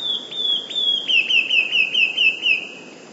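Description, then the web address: Eurasian blue tit song, high thin notes opening straight into a fast, slightly falling trill, against quiet hiss. "wroblowe teka 2 spiew. modraszkoteka"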